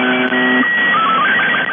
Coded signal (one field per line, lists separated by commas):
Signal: SSTV (slow-scan television)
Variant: Robot 36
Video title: UVB-76/The Buzzer - Bad Apple (sstv signal)